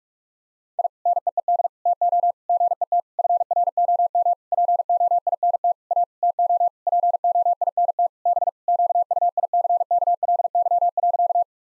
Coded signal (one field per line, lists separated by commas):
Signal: Morse code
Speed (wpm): 41 wpm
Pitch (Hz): 700 Hz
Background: none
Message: I NEED TO GET FROM POINT A TO POINT B QUICKLY.